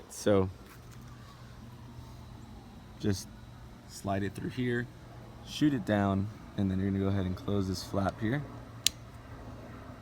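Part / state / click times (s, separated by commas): wiper blade locking flap on the wiper arm hook / seated / 8.9 s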